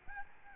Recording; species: mosquito wingbeat signal from an infrared sensor; Aedes albopictus